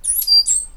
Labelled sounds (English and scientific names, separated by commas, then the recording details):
Stitchbird (Notiomystis cincta) song
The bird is a male
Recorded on Tiritiri Matangi Island, New Zealand, in 2005
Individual 8, of nest box 10